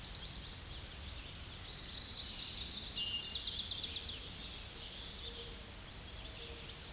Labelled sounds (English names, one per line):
Eastern Towhee song